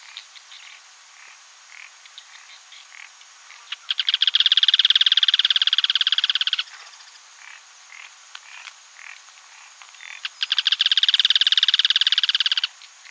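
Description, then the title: Yellow-chinned spinetail giving two loud, rapid rattling trills several seconds apart, each opening with a few spaced notes before running together, with faint calls between. "LuckyPassaro Completos2Sama. Yellow-chinned Spinetail (Certhiaxis cinnamomeus)"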